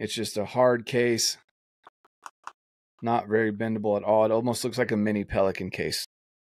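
Someone talks about the latch on a small, hard plastic broadhead storage case that is not very bendable, like a mini Pelican case. In a pause between the talking, a few faint, brief ticks are heard. The clip ends before the latch closes, so nothing has seated or clicked yet.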